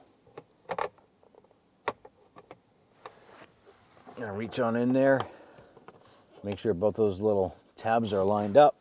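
A plastic cabin air filter access cover for a 2012-2017 Toyota Camry is lined up by its two small tabs at the filter housing behind the glovebox while someone talks. Brief handling taps and rustles come before and between the speech. The cover is handled but has not seated or clicked into place yet.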